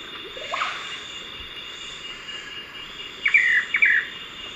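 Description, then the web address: Blue-backed manakin: two short rough, buzzy notes near the end, preceded by a faint rising call, against a continuous high buzz. South America, eastern lowlands. "S America Eastern Lowlands - Chiroxiphia pareola, song"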